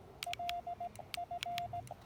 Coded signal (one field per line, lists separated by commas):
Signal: Morse code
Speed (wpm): 17 wpm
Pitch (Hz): 700 Hz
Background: none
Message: LF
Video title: Speedy POTA Activation: Taking the lab599 Discovery TX 500, Packtenna 9:1, and T1 to Lake James